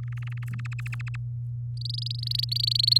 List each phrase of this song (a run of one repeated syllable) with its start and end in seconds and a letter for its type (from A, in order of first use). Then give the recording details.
0.03-0.60 A, 0.65-1.16 B, 1.77-2.98 C. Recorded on 8 May 2018 at 05:52. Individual llb16